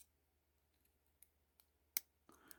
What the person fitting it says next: there we go truck one is in place